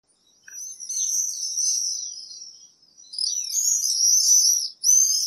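Common swift screams: shrill, high buzzy trills in two long bursts, the second louder and more ragged, with a brief pause between.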